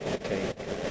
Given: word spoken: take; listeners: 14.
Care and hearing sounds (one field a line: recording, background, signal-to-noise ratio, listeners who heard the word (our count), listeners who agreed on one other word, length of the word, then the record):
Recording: one English word in noise, from a listening test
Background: noise modulated by three-talker babble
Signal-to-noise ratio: -3.3 dB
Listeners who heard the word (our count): 3 of 14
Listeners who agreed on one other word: 10 of 14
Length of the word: 0.51 s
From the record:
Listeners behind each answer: 10, 3, 1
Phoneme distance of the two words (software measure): 10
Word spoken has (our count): 1 syllable, 3 phonemes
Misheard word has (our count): 1 syllable, 3 phonemes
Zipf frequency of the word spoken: 6.08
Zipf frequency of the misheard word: 4.81